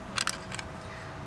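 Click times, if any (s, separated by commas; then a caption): none. A small plastic gain-adjustment tool is handled at its holder slot in the plastic housing of a Samson Go Mic Mobile lavalier wireless transmitter, which runs on two AA batteries. Two sharp, bright ticks come at about 0.2 and 0.3 seconds, then a softer pair around 0.5 to 0.6 seconds, over a low steady background. The tool has not seated or clicked into place yet.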